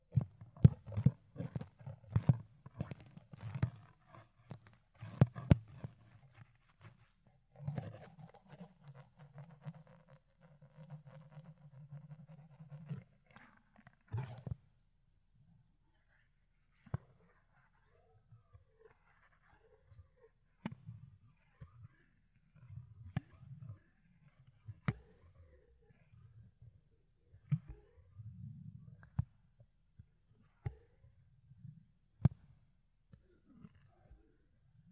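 Fluffy ear cleaning: soft muffled rubbing and low thuds come in bursts, with sharp scratchy clicks scattered throughout and quiet pauses between.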